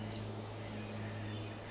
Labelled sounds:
Pacific Wren
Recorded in Sonoma County, California

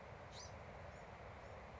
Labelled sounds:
Bewick's Wren
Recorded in Sonoma County, California

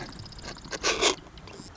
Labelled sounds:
Marsh Wren
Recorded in Sonoma County, California

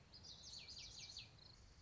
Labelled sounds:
Common Yellowthroat
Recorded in Sonoma County, California

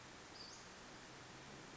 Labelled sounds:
Western Flycatcher
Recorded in Sonoma County, California

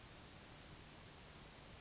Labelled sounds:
California Towhee
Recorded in Sonoma County, California

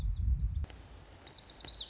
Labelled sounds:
Lazuli Bunting
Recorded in Sonoma County, California

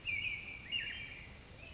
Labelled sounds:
American Robin
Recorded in Sonoma County, California

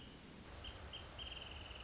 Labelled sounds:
Wrentit
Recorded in Sonoma County, California

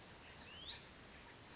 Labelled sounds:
Hutton's Vireo
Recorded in Sonoma County, California

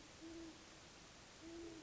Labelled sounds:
Great Horned Owl
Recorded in Sonoma County, California

